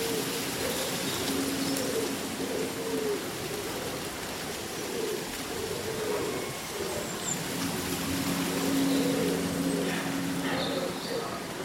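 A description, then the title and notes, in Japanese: Birds sing over a steady rustle of leaves on a breezy summer day. Repeated low cooing calls, like a dove or pigeon, recur every second or two throughout, with a few brief higher chirps near the end. The hiss of wind through foliage stays constant underneath. そよ風の吹く夏の日、ざわめく葉と鳥のさえずり。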